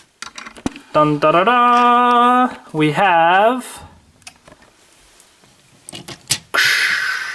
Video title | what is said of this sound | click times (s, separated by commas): Ressha Gattai DX ToQ-Oh [Ressha Sentai ToQger] | and this will click into place right there and | 0.2 s